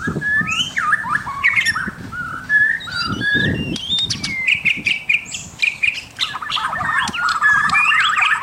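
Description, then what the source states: White-rumped shama song of quick varied whistled notes and sharp chirps, rising and falling, with low rumbling background noise between phrases. Local name murai batu mahkota.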